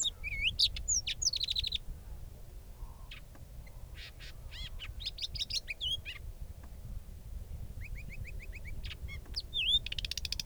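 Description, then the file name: Sabota lark song with looping whistles, sharp clicks and buzzy notes in irregular bursts, plus a short fast chatter and a final buzz. Recorded at Halali. "Lark sabota halali"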